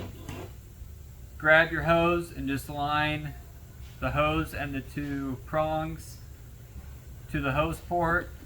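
Someone talks while lining up the hose end and its two prongs with the plastic hose port on the front of a Prolux RS4 canister vacuum. A brief soft knock of handling comes at about 0.3 s. The hose has not been pushed home, and nothing has seated or clicked yet.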